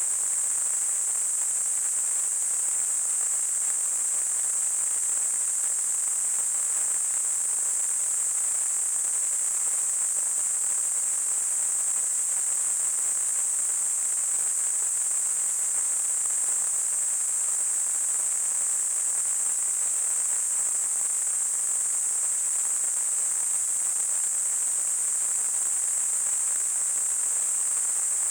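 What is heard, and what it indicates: A steady, unbroken high-pitched hiss centered near 8 kHz runs for the full 28 seconds with no change in level. This is a simulated tinnitus sound, a narrow band of high-frequency noise like the ringing or hissing many people with tinnitus hear.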